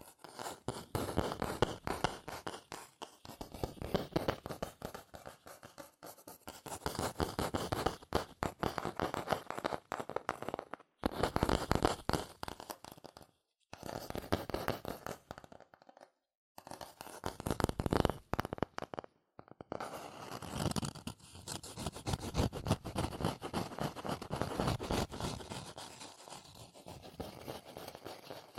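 Rapid tapping, scratching and tracing on cardboard and paper come in dense bursts, broken by several short silences around the middle.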